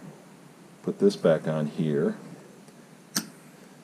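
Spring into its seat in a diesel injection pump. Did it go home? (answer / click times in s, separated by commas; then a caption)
yes / 3.2 s. A spring is pressed into its seat in a Mitsubishi D1800 / KE95 / ND diesel injection pump during an overhaul while someone talks. A sharp little click sounds at 3.2 s as the spring goes in, showing it sits in the right position, slightly shy of the surface.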